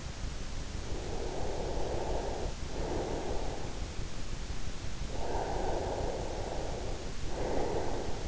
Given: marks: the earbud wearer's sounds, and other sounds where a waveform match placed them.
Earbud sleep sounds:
sounds in sleep by an in-ear microphone; breath
0.99-3.68 s: breath
5.11-8.28 s: breath

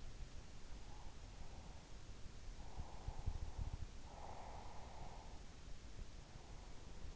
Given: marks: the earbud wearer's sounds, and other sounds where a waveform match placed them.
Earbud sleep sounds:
sounds in sleep by an in-ear microphone; breath
2.81-5.36 s: breath

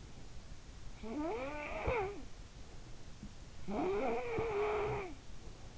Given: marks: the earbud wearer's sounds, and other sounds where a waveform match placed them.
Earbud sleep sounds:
sounds in sleep by an in-ear microphone; snoring breath
0.70-2.59 s: snoring breath
3.50-5.47 s: snoring breath

